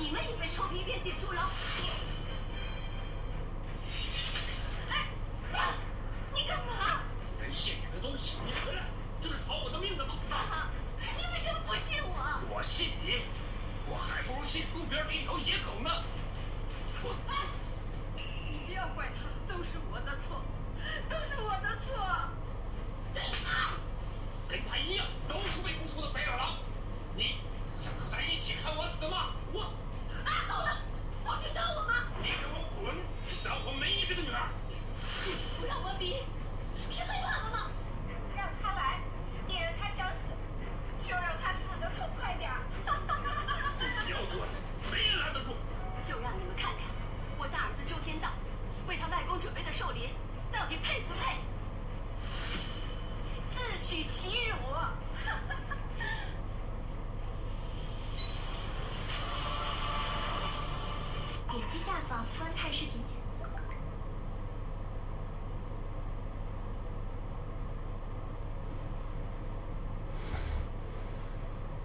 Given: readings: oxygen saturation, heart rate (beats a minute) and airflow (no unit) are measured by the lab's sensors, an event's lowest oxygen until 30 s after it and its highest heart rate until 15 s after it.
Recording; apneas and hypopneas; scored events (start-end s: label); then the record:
a person awake in a sleep study, by a smartphone at the bedside; none
0.00-71.84 s: awake
From the record:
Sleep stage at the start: awake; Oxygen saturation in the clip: 92 to 93%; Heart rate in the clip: 58 to 64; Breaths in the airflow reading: 24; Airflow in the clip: -11.2 to 10.8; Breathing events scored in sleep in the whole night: 476 in 9.7 hours asleep